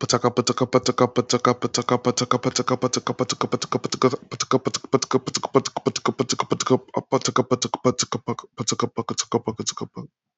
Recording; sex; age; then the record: repeated syllables /pa ta ka/; male; 30 to 39 years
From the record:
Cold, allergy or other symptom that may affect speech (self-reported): yes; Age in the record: 30 years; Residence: Virginia, United States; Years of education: 15